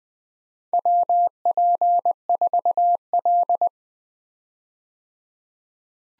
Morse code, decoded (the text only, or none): WP4L